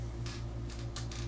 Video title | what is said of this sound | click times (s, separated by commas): Strawberry Shortcake CheeBee Figures & 5.5 inch Articulated Fashion Doll by TLS Toys | Okay. So that just popped right back in. No big deal. | 1.0 s